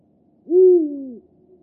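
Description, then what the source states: Eurasian eagle-owl hoot: one low, booming note that swells quickly and slowly sinks in pitch. Spring 2024, week 20.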